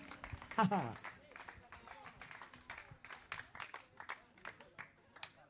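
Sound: audience applause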